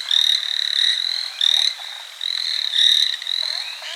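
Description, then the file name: Chinese tree frog giving loud, grating pulsed calls in repeated bursts. "Hyla chinensis"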